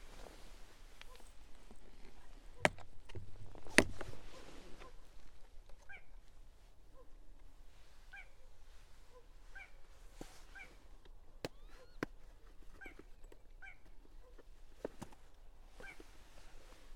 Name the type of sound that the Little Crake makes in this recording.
song